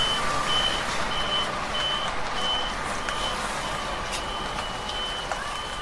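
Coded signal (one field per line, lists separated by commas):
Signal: alarm pattern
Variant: truck reversing beeper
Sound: steady high beeps repeating about every 0.65 seconds over engine rumble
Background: engine and outdoor noise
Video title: Truck Back Up Beeper Sound Effects / Various Vehicle Reversing Beeps / Lorry Safety Reverse Beep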